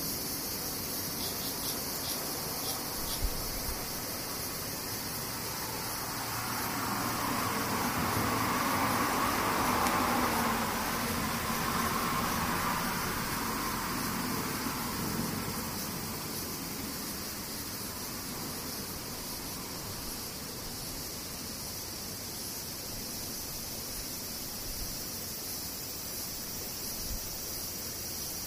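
Cicadas make a steady, dense hissing drone that swells louder between about seven and fifteen seconds, then settles back to an even level.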